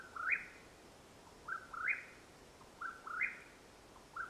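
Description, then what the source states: Mexican whip-poor-will: rolling, buzzy whistled phrases rising in steps, repeated roughly every one and a half seconds, with a quiet background. Call at nightfall in Madera Canyon, Arizona, USA, 21 April 2022.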